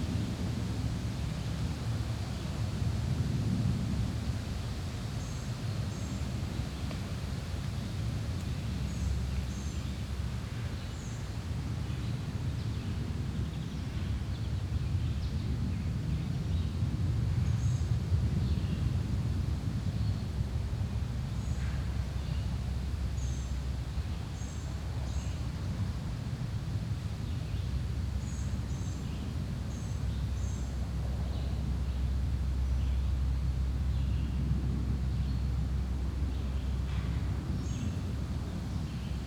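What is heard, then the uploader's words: A distant, low rumble hangs steadily over the woods for the whole stretch, deep and even with slight swells. Faint, high bird chirps break through every few seconds, small above the constant drone. Distant Rumble in the Woods.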